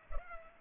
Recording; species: mosquito wingbeat signal from an infrared sensor; Culex pipiens